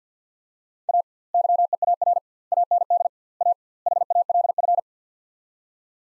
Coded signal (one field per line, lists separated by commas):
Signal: Morse code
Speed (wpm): 50 wpm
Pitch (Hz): 700 Hz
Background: none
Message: A YEAR AND A HALF